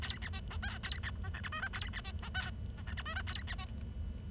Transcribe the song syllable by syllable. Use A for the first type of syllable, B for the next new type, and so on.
A B C D E A B F G H I J A B C D E F G H I J A B C